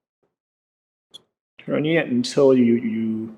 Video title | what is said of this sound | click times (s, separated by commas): Micrometer Equipment Tutorial | get contact when you the static consistency let's say two clicks of the ratchet is what you want for your measurements | 1.2 s